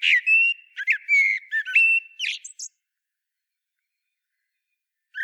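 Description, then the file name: Common blackbird producing a run of whistled and chattering notes for about two and a half seconds, then silence with a brief note at the very end. "Turdus merula"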